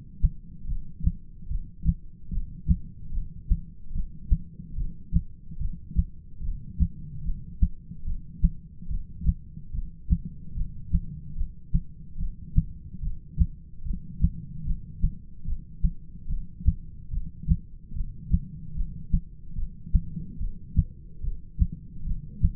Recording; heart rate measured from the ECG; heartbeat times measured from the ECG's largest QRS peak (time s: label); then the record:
heart sounds by stethoscope; 73 bpm
0.68 s: heartbeat
1.50 s: heartbeat
2.32 s: heartbeat
3.14 s: heartbeat
3.95 s: heartbeat
4.77 s: heartbeat
5.60 s: heartbeat
6.44 s: heartbeat
7.25 s: heartbeat
8.06 s: heartbeat
8.90 s: heartbeat
9.73 s: heartbeat
10.56 s: heartbeat
11.37 s: heartbeat
12.19 s: heartbeat
13.02 s: heartbeat
13.85 s: heartbeat
14.67 s: heartbeat
15.47 s: heartbeat
16.29 s: heartbeat
17.12 s: heartbeat
17.95 s: heartbeat
18.76 s: heartbeat
19.57 s: heartbeat
20.40 s: heartbeat
21.23 s: heartbeat
22.06 s: heartbeat
From the record:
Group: heart failure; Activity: rest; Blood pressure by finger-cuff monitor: 123/89 mmHg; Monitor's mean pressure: 103 mmHg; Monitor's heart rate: 73 bpm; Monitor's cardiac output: 7 L/min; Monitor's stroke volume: 96 mL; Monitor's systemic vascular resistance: 1100 dyn s/cm5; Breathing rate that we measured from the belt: 15 breaths a minute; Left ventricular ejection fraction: 25%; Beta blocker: metoprolol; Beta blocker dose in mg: 62.5 twice daily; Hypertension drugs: ramipril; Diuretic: furosemide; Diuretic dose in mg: 40 twice daily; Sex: male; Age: 57 years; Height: 180 cm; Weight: 90.5 kg